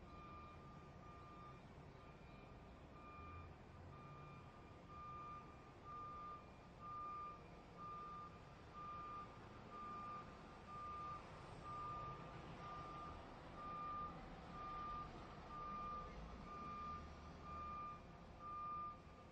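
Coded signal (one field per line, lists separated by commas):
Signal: alarm pattern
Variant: truck reversing beeper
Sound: steady repeating mid-pitch beeps, about one per second, over outdoor engine rumble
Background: truck engine, outdoor noise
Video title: 현장음, Spot Sound, Truck Beeping, 3분 53초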